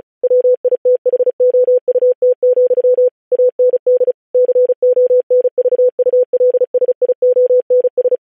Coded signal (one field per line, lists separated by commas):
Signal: Morse code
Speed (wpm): 36 wpm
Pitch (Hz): 500 Hz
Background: none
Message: WITHOUT, AND CONVULSIONS